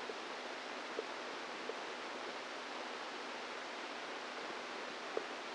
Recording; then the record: brain microelectrode recording played as sound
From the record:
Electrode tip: inside the subthalamic nucleus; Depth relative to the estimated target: -1 mm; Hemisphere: right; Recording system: NeuroSet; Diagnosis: Parkinson's disease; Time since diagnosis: 10 years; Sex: female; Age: 45 years